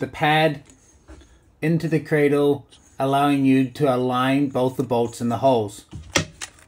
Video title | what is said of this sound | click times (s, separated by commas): Maintaining Your Farrier Tools: Rubber Pad Replacement. A Guide to EquiPost HoofCradle Maintenance. | make sure that the bolts are all the way through the rubber mat so that you can hear them click into place when | 6.2 s